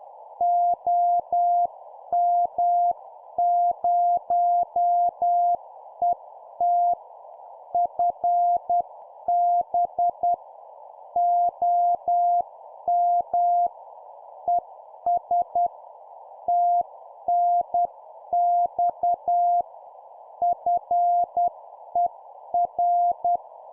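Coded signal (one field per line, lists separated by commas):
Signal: Morse code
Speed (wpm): 10 wpm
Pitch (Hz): 700 Hz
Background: none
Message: OM0ET FB OM ES TNX FER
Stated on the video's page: 10 wpm CW practice of an example CQ contact for copy-speed training.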